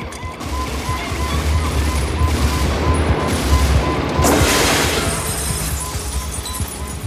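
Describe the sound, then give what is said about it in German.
A sustained fusillade of rapid gunfire in a shootout with terrorists holed up in an unfinished building on a construction site, a woman firing from a balcony, crackles continuously over a low rumbling drone, holding steady in loudness with a sharper, brighter burst of shots partway through. “Das Mädchen kommt aus der Deckung und feuert von einem Balkon auf uns.”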